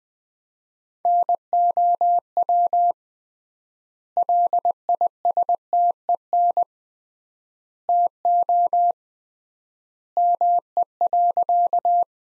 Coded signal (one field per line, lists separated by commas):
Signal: Morse code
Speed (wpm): 21 wpm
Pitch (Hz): 700 Hz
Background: none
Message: NOW LISTEN TO ME.